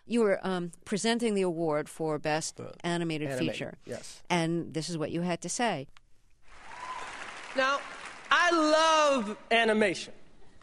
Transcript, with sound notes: You were presenting the award for best animated feature.
Animated. Yes.
And this is what you had to say.
(SOUNDBITE OF OSCARS TELECAST)
Now, I love animation.